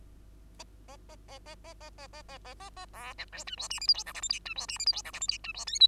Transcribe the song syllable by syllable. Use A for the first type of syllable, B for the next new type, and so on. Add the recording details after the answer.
A A A A A A A A A A A A A B C D E F G H I J K L M N E F G H I J K L M N E F O P. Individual Bird2